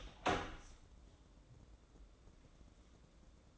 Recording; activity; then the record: daily activity, microphone in the room; open door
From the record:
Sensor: 3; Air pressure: 1012.2 hPa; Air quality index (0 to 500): 174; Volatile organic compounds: 3 ppm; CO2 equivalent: 1330 ppm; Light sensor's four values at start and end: 640/1592/660/682 and 616/1531/634/653